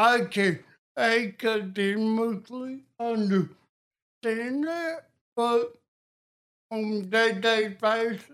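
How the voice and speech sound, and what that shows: An adult man with cerebral palsy speaks slowly and effortfully, with slurred, nasal consonants, stretched vowels and long pauses between short phrases: dysarthria, a speech impediment present since childhood.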